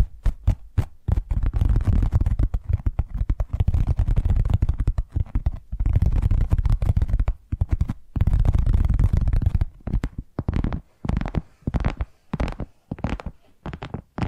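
Addictive tapping triggers: quick, dense runs of soft taps and brushing scratches with a heavy low thump, clustered in bursts around 1–7 and 8–10 seconds. After that the taps grow sparser and more separated, with short quiet gaps between small clusters.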